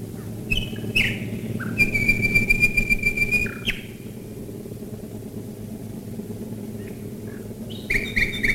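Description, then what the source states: Common nightingale singing short varied phrases and a rapid rattle of repeated notes, pausing, then resuming, against a constant low engine drone. Nightingales recorded in 1942 while bombers flew overhead.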